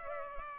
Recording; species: mosquito wingbeat signal from an infrared sensor; Culex pipiens